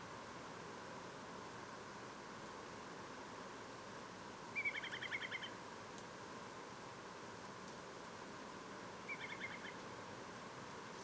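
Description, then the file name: Whimbrel: two rippling whistled trills from a whimbrel, quick evenly spaced notes, the first louder and the later one softer, with a continuous rushing noise underneath. Recorded at Portland on 24 April 2015 at 04:09. "c-Whimbrel-Portland-240415-04 09 hrs"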